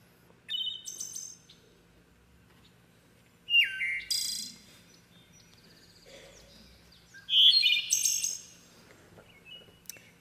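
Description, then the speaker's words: Hermit Thrush song: three separate phrases a few seconds apart, each opening on a clear, sustained whistle and breaking into higher, fluty, ringing flourishes. Song described as ethereal and flute-like. "What you're hearing right now is a hermit thrush."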